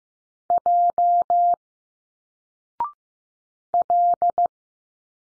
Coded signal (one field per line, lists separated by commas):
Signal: Morse code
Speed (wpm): 15 wpm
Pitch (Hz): 700 Hz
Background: none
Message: J L